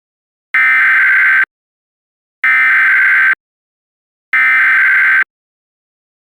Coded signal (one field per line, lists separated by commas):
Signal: Emergency Alert System (SAME) tones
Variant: header bursts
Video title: EAS Reenactment Mock: Tornado Warnings in Hawaii [v3] - 03/17/2020